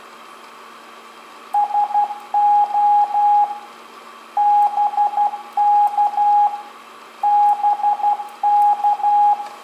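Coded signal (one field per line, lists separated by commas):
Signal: Morse code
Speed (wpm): 12 wpm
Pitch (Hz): 830 Hz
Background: radio noise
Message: SO BK BK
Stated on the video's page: On-air Morse demo at 12 wpm.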